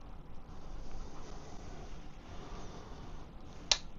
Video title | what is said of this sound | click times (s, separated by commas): How to Make a Stop Motion Video #stopmotion #stopmotionanimation | Yep, you heard that? It snapped right in. | 3.7 s